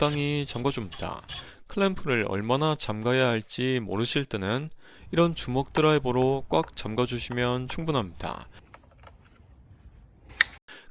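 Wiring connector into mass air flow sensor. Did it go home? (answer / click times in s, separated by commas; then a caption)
yes / 10.4 s. A wiring connector is pushed onto the mass air flow sensor of an All New Tucson after the air cleaner housing is refitted and the duct clamp is tightened. Someone talks for most of the clip, then a few light ticks follow before a sharp, loud click at 10.4 s. The connector seats.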